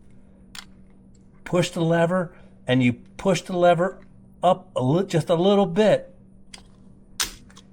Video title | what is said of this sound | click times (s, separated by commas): NEW RIDE...Mooncool TK1 TRIKE---Full Review with 5 Tips and Tricks to Make LIFE Easier! | and then it locks into place and now you're done you just push it | 6.5 s